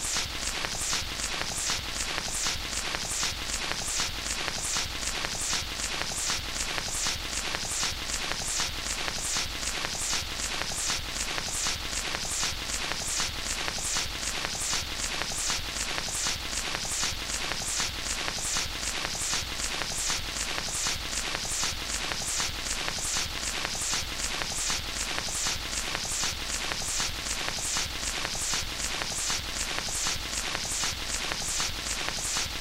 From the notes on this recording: Static from an old 78 RMP shellac record